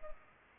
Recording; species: mosquito wingbeat signal from an infrared sensor; Culex pipiens